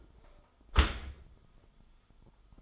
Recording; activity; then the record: daily activity, microphone in the room; close dishwasher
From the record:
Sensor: 5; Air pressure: 1004.7 hPa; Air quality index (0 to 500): 92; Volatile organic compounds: 2 ppm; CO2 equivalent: 1118 ppm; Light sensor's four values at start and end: 32/74/30/29 and 32/73/30/29